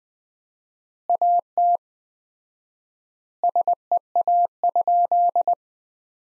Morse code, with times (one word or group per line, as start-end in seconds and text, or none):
1.1-1.8 AT
3.4-5.5 SEA?